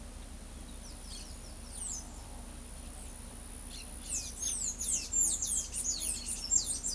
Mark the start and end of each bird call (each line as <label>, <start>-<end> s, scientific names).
Thraupis episcopus, 1.64-2.02 s
Thraupis episcopus, 4.04-6.95 s